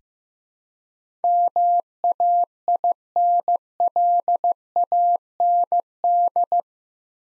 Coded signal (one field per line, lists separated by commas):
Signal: Morse code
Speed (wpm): 15 wpm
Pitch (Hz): 700 Hz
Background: none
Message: MAINLAND